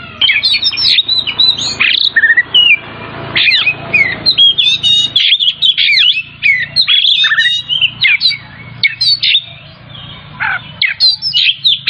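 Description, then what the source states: Oriental magpie-robin in sustained energetic song, rapid mix of whistles, sweeps and scratchy buzzes almost without pause, over faint low background noise. Kacer Tretes variety, singing vigorously in the gacor style.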